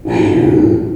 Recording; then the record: squeal of a Yucatan mini pig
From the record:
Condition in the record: before surgery on the right vocal fold (resection and tissue-engineered implant); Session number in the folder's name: 1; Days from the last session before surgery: -21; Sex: female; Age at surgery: 19 weeks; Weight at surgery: 25 kg